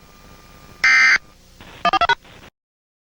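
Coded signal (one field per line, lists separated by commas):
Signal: DTMF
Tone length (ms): 70 ms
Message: 142#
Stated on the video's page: Fictional EAS scenario.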